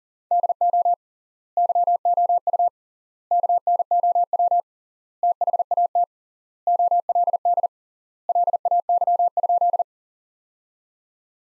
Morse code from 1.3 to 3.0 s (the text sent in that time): YOU